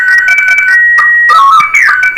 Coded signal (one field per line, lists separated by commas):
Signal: SSTV (slow-scan television)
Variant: Scottie 1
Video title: Live Shortwave radio show Friday June 2nd 2017